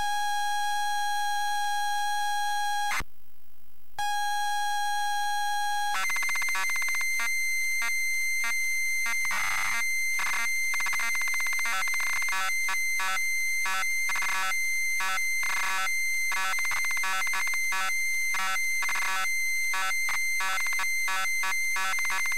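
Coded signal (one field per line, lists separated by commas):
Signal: ZX Spectrum tape loading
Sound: steady lead tone, a brief pause, then a high whine with rapid regular buzzy bursts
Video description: ZX Spectrum load up and quick game play of SpellBound 128k loaded up using a zx spectrum +3 with a wh smith cpd8300 cassette player.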